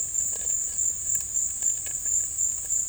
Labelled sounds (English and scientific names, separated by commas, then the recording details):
none
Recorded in dense forest near Puerto Asís, Putumayo, Colombia, on 19 March 2025 at 16:30
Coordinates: 0.484, -76.317
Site G064